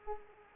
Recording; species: mosquito wingbeat signal from an infrared sensor; Culex pipiens